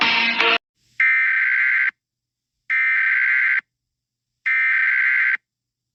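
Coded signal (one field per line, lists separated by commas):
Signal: Emergency Alert System (SAME) tones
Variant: header bursts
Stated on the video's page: Fictional EAS scenario recreation.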